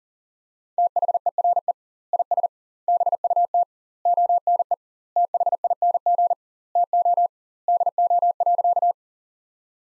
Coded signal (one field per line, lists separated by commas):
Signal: Morse code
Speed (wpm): 37 wpm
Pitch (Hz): 700 Hz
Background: none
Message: THERE IS BUT ONE THING TO DO.